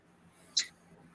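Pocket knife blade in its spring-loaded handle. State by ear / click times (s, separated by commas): seated / 0.6 s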